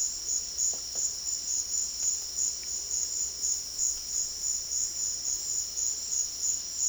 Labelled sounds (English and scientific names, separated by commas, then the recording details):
none
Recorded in dense forest near Puerto Asís, Putumayo, Colombia, on 18 February 2024 at 12:30
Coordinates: 0.485, -76.325
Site G6429